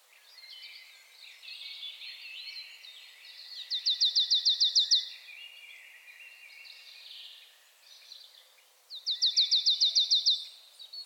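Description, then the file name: Marsh tit with two rapid trilled bursts of evenly repeated sharp notes about five seconds apart, over a steady background of assorted bird twitters. "Poecile palustris"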